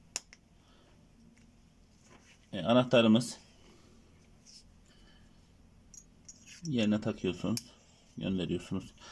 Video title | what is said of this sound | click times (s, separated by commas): Mercedes serileri kumanda Anahtar pil değiştirme | önce Alt tarafı takıyorsunuz sonuç taraf zaten tık diye ses duyacaksınız bu anahtarımız | 0.2 s